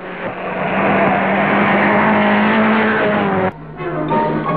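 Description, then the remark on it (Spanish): A Spanish-built Pegaso Siluro car speeds along the road from Ostend to Ghent during speed record trials, with a loud, steady engine roar and droning tonal hum, which cuts out abruptly near the end before picking back up. No one speaks. “En la carretera que va de Ostende a Gante, el coche de construcción española Pegaso.”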